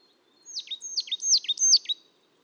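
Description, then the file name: Marsh tit calling a quick series of four high, sharply falling notes, each ending in a lower note, in a quiet setting. "Poecile palustris"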